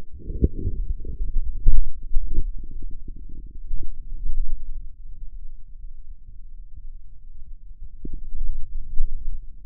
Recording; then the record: forearm muscle sounds (acoustic myography)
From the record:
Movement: wrist extension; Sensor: system 2, bracelet of six BSWA MPA416 microphones around the upper forearm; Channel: 6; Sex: male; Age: 22 years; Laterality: right